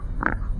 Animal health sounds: poultry house recording; sick chickens (respiratory disease)

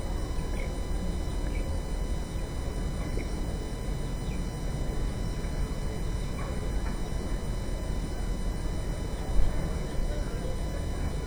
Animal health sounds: poultry house recording; healthy chickens

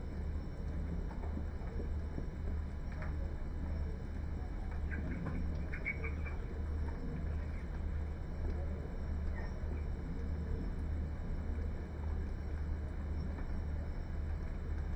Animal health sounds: poultry house recording; healthy chickens

